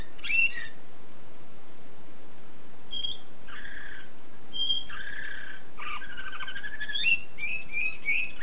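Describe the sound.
Canary singing in separate phrases: a high chirp, clear whistled notes, buzzy rolls and a warbling trill toward the end.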